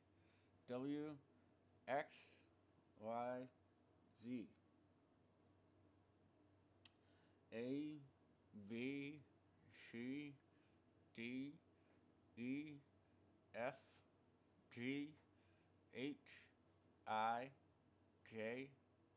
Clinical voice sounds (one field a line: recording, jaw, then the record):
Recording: letters of the alphabet, spoken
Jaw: constrained by a bite bar between the teeth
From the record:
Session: first day, right after the free take